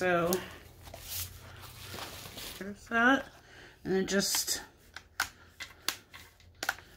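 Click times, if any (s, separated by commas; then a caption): 5.2 s, 5.9 s. A plastic notebook divider insert is pressed into a ring planner. Someone talks, followed by soft rustling and shuffling, then sharp snapping clicks at 5.2 s and 5.9 s as it snaps onto the rings and seats.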